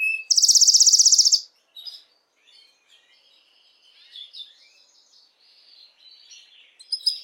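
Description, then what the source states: Canary bursts into a loud, rapid high trill lasting about a second, followed by quiet, scattered twittering and soft warbled notes. Belgian mosaic canary.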